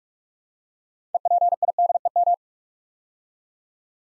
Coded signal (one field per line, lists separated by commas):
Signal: Morse code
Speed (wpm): 44 wpm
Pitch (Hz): 700 Hz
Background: none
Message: EPIDEM